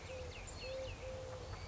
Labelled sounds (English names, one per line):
Eurasian Collared Dove